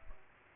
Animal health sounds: mosquito wingbeat signal from an infrared sensor; Aedes aegypti

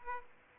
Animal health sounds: mosquito wingbeat signal from an infrared sensor; Aedes aegypti

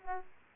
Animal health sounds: mosquito wingbeat signal from an infrared sensor; Aedes aegypti

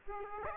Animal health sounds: mosquito wingbeat signal from an infrared sensor; Aedes aegypti

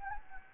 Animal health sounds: mosquito wingbeat signal from an infrared sensor; Anopheles gambiae

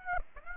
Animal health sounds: mosquito wingbeat signal from an infrared sensor; Aedes aegypti

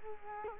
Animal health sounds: mosquito wingbeat signal from an infrared sensor; Culex quinquefasciatus

